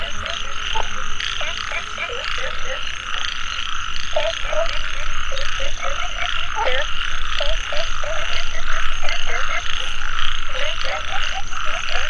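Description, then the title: Chorus of frogs with short knocking croaks coming in clusters, a high hum running throughout. Frogs calling in a mountain valley at dusk; field recording. "傍晚山谷里的蛙和鸟齐鸣 声谷"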